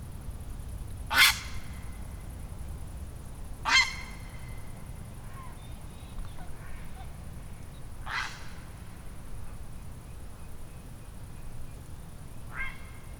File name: Ardea cinerea